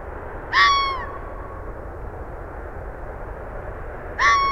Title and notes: Red Fox calling in west Dyke Marsh about 6:35PM 12/20/2015